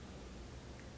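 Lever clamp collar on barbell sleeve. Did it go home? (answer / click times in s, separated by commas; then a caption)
no / none. An aluminum lever clamp collar from Rogue Fitness is handled on a barbell sleeve, with only steady, broadband noise heard throughout the one-second clip. The lever clamp has not yet been closed, and nothing has seated or clicked.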